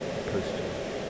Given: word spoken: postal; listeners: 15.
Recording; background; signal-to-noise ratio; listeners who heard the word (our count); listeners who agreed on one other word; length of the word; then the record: one English word in noise, from a listening test; speech-shaped noise; -4.7 dB; 3 of 15; 8 of 15; 0.70 s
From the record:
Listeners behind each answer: 8, 3, 2, 1, 1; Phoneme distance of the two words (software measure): 7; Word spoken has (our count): 2 syllables, 6 phonemes, stress on syllable 1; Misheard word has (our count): 2 syllables, 5 phonemes, stress on syllable 1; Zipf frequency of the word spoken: 3.61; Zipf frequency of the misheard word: 3.93